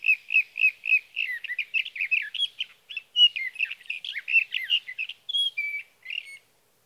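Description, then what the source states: Sage thrasher delivering a fast series of repeated chirps that runs into a long, varied warbling phrase of slurred whistles. Male singing through the night near his night roost, evening of June 12 to morning of June 15, 2018, Sierra Valley, California; Swift recorder.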